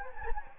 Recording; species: mosquito wingbeat signal from an infrared sensor; Anopheles gambiae